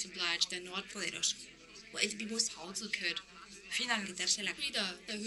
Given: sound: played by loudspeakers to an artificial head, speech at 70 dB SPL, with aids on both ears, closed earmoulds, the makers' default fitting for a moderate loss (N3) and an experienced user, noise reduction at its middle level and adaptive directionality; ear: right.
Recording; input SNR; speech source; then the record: speech test signal (ISTS) in cocktail-party noise; +9 dB; in front (0 degrees)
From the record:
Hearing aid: class 1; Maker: H